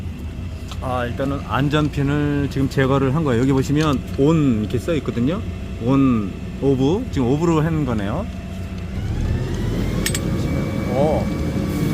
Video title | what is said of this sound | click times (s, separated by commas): 굴착기.안전회전링크? 이제는 안전과 내구성검증된 영상보고 구매결정하는시대??#DMR190안전링크 | 뭔 가 찰칵 하고 아래로 움직 였네 요 | 10.1 s